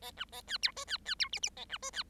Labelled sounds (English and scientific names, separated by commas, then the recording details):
Bengalese Finch (Lonchura striata domestica) song
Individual Bird7